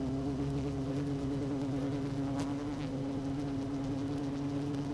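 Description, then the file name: Honey bees droning in the hive, one strong steady buzzing tone with weaker harmonics above and occasional faint taps. Queen bee in hive 1, recorded 12 June 2018 at 16:30. "Hive 1 12 06 2018 Queen Bee H 1 audio 16 30 00"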